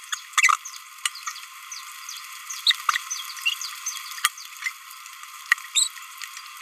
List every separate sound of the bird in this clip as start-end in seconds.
0.42-0.49, 2.67-2.73, 2.89-2.98, 3.46-3.53, 4.62-4.69, 5.75-5.88